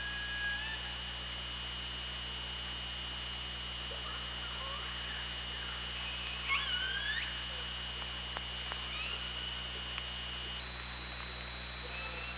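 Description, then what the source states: Faint killer whale calls, brief upsweeping squeals with a harmonic echo above, scattered among soft clicks in constant underwater hiss. OrcaLab hydrophone, 24 August 2017 at 18:28.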